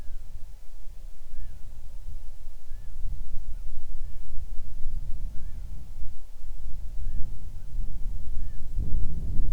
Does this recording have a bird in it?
yes